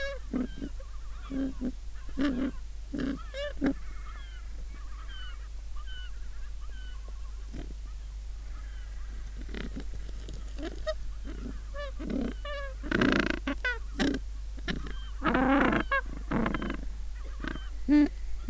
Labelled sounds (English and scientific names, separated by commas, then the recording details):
Gentoo Penguin (Pygoscelis papua)
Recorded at the colony at Booth Island, Antarctica, on 21 December 2014
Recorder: Song Meter SM2+